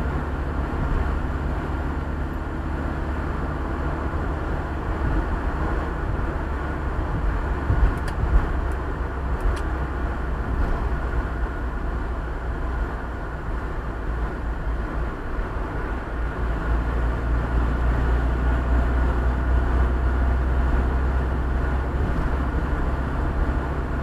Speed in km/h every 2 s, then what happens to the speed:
68, 69, 69, 68, 65, 61, 60, 57, 56, 57, 59, 62.
0-5 steady at about 69. 5-15 slows to 56.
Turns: none.